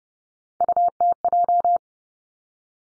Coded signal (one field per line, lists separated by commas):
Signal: Morse code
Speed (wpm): 30 wpm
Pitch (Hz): 700 Hz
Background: none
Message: UTJ